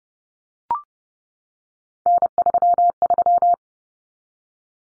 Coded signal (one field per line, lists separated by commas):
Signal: Morse code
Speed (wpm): 30 wpm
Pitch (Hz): 700 Hz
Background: none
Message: N33